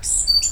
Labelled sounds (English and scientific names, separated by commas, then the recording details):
Stitchbird (Notiomystis cincta) song
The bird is a male
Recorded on Tiritiri Matangi Island, New Zealand, in 2005
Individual 20, of nest box 28